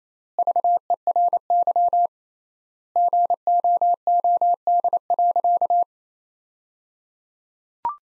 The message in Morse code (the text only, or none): VERY GOOD.